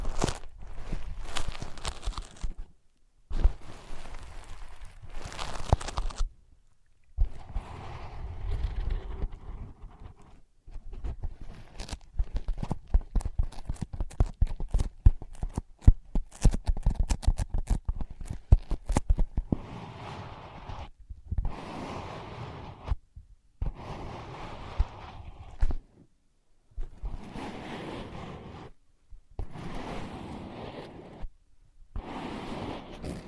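Tapping, scratching and tracing on ear pads in bursts of dense rustling and crackling, broken by short silences, busiest between eight and twenty seconds.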